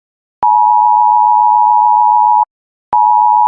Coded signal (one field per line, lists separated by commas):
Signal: Emergency Alert System (SAME) tones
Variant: 853 and 960 Hz attention tone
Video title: EAS Short: noedolekciN Part 2